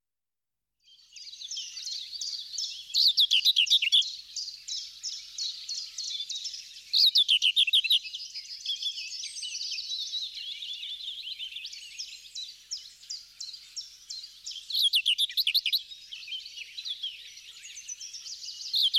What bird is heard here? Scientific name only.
Sylvia communis